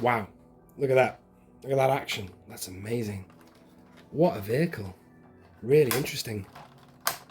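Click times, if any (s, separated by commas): 7.1 s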